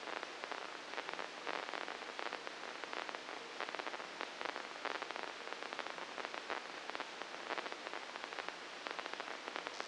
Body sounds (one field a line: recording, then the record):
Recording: brain microelectrode recording played as sound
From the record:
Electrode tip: inside the subthalamic nucleus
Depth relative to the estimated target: -4 mm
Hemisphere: left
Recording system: NeuroSet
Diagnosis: Parkinson's disease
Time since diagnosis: 9 years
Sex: female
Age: 51 years